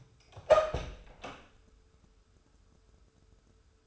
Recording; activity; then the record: daily activity, microphone in the room; open door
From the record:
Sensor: 2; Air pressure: 1015.1 hPa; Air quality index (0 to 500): 169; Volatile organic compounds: 9 ppm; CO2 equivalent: 2191 ppm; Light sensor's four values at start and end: 13/36/14/16 and 13/36/14/16